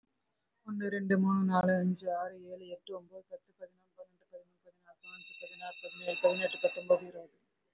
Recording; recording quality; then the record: counting at a fast pace; excellent, no background noise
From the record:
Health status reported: respiratory illness, not identified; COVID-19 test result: negative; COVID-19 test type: RT-PCR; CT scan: not taken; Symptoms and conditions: breathing difficulty, muscle pain, another respiratory illness, another condition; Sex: female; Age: 37 years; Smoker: no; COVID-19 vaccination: one dose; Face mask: worn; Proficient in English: no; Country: India